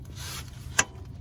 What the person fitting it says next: So there, mine just clicked into place.